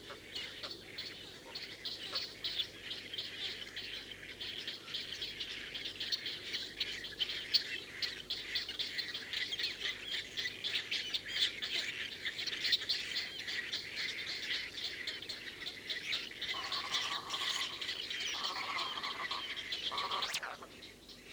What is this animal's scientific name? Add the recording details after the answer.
Ardea alba. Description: White heron/kōtuku song. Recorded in New Zealand